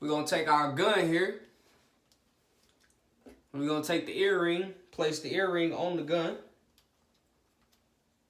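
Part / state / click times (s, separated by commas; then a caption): stud earring into ear-piercing gun / not seated / none. A stud earring is placed onto an ear-piercing gun, with someone talking throughout and only faint, quiet ticks between the phrases. The clip ends before the earring is slid down into the gun, so nothing has seated or clicked yet.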